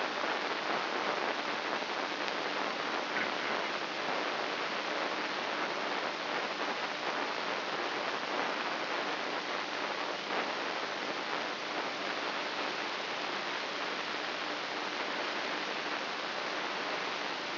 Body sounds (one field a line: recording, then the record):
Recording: brain microelectrode recording played as sound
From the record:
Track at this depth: outside the subthalamic nucleus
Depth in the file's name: 2.844 mm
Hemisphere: left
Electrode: 3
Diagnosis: Parkinson's disease